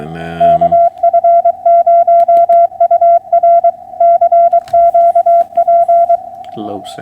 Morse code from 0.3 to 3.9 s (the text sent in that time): KF0UR